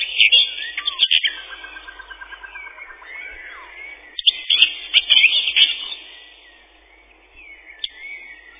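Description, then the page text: Common whitethroat's scratchy warbling bursts open and follow a steady rapid trill, over a light background hiss. Song a chattering 'tirli-vi-tir-li-chet-chit-chitirli'. "Серая славка, или славка-говорунчик — Sylvia communis. Пение. Песня — щебетание “тирли-ви-тир-ли-чет-чит-читирли”"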